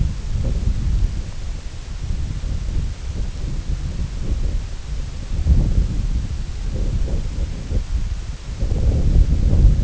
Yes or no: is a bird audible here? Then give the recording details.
no. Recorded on Arctic tundra, site IGLO-D, on 19 June 2018. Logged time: 14:00